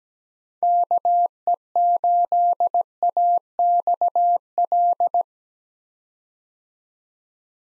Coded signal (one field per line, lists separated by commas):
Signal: Morse code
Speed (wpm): 17 wpm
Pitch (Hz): 700 Hz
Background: none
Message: KE8AXL